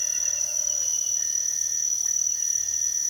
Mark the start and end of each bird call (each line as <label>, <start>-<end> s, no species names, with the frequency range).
bird call (0.3-2.1 kHz), 0.00-0.84 s